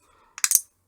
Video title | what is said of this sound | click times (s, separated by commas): Julian's Postbag: #121 - Things You Asked About | but just bending that out a bit helps it to engage, and then it makes a nice good lock. | 0.4 s